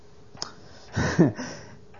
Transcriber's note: she laughs